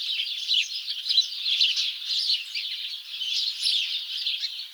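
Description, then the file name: Crowd of house sparrows giving quick overlapping chirps, a lively continuous chatter that pulses gently in loudness. "Passer domesticus"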